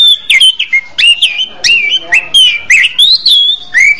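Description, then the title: Orange-headed thrush song: loud, clear whistled phrases that slide and waver in mid-high pitch, delivered in quick succession with brief gaps and a few sharp high notes. "Anis Merah"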